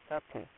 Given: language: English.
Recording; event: throat vibration sensor signal played as sound; speech